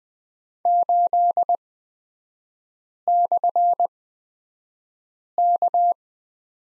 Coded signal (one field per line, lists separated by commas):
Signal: Morse code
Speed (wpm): 20 wpm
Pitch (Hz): 700 Hz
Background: none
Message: 8/K